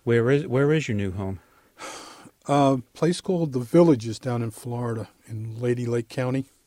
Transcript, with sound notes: where is - where is your new home?
(sighs) Uh, place called the Villages down in Florida, in Lady Lake County.